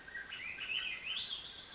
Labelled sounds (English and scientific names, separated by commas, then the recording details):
Swainson's Thrush (Catharus ustulatus)
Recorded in Sonoma County, California